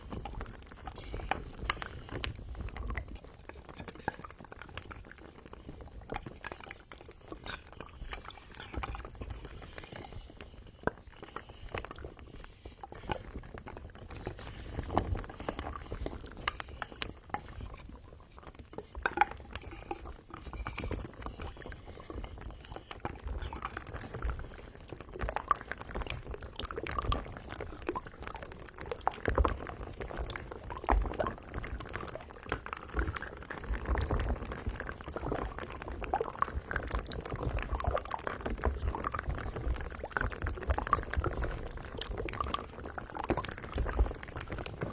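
Wooden massage tools rub and tap against skin in a spa session, producing dense, irregular crackling and soft knocks throughout. A low rumbling undertone persists, and the rubbing grows fuller and busier after about 25 seconds, with frequent sharp clicks scattered across.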